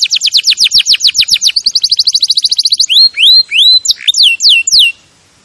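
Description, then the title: Canary song: fast trill of descending sweeps quickening further, then slower rising whistled loops. Champion canary song used as a master recording for training other birds. "Masteran Kenari Juara"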